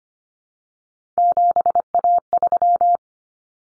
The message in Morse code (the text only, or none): 7A3